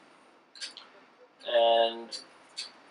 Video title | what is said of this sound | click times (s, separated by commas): Replacing fork seals on a '98 Honda CB 600F Hornet | it'll just snap into place and it did | 0.8 s